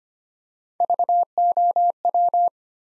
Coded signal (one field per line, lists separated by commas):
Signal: Morse code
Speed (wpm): 25 wpm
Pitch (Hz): 700 Hz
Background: none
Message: VOW